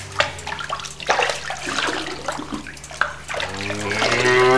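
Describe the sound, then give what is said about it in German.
Water splashes and runs in uneven bursts while a cow's udders are washed at a milking parlour before milking, with a few sharper spatters over a steady low mechanical hum that brightens toward the end. “Auch die Euter muss ich erst waschen, damit die Milch nicht verschmutzt.”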